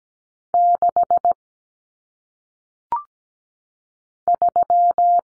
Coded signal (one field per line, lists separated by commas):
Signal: Morse code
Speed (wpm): 17 wpm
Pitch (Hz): 700 Hz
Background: none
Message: 6 3